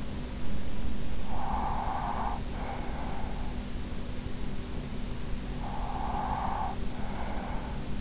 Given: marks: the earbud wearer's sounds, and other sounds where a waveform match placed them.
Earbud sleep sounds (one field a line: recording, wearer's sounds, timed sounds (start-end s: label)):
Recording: sounds in sleep by an in-ear microphone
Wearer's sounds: breath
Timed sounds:
0.93-3.74 s: breath
5.72-8.01 s: breath